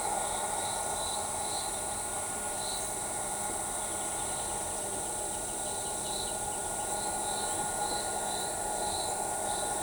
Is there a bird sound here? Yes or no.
no